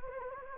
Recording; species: mosquito wingbeat signal from an infrared sensor; Anopheles gambiae